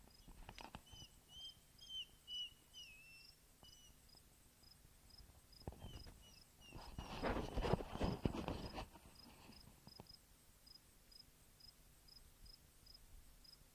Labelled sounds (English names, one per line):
Gray Wolf